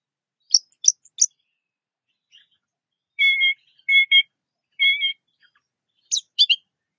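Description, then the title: Orange-headed thrush song, sparse: a few sharp high chirps, then three rich lower notes in quick succession, ending with quick high twitters. "Anis Merah"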